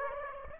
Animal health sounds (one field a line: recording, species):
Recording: mosquito wingbeat signal from an infrared sensor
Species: Aedes aegypti